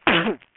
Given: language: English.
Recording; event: throat vibration sensor signal played as sound; cough